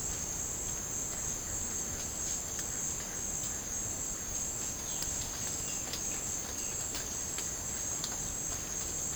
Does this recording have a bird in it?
no